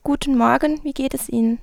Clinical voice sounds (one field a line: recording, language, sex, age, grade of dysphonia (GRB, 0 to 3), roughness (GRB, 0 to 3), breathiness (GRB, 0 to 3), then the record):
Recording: spoken sentence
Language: German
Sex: female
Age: 20 to 29 years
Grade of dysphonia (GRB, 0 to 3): 1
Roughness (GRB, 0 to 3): 0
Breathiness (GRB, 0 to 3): 0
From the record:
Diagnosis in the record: healthy voice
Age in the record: 20 years